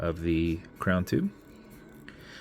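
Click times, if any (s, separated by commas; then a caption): 2.1 s. The screw-down crown of a mechanical watch is unscrewed from the steel crown tube of the watch case while someone talks. After the talking stops, a single sharp click at 2.1 s marks the crown coming off its last thread, releasing it.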